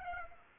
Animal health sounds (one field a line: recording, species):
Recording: mosquito wingbeat signal from an infrared sensor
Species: Aedes aegypti